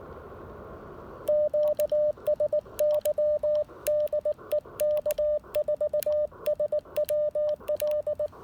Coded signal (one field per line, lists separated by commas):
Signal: Morse code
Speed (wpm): 19 wpm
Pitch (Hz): 600 Hz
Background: radio noise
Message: QSY DE K4SWL